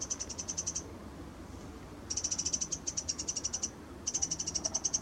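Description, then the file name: Eurasian wren calling in three short bursts of rapid, high, clicking ticks, each burst lasting under two seconds, with faint low background hum. "Troglodytes troglodytes"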